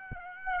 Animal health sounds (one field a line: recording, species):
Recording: mosquito wingbeat signal from an infrared sensor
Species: Aedes aegypti